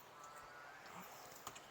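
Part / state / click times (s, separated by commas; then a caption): trailer wiring harness connector into vehicle rear wiring socket / not seated / none. A plastic tow trailer wiring harness connector is handled at the rear wiring socket of a 2016-2021 Honda Pilot during a tow hitch and harness install. Steady background noise runs throughout, with a brief sharp tap at about 1.5 s. Nothing has seated or clicked yet.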